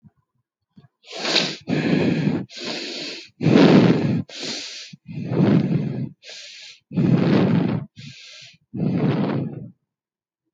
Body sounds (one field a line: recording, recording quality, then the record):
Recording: deep breathing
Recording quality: excellent, no background noise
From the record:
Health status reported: healthy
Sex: female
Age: 28 years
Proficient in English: yes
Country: India